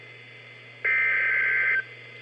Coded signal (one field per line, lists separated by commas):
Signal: Emergency Alert System (SAME) tones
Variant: header bursts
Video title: Maryland Statewide Tornado Drill (EAS #335)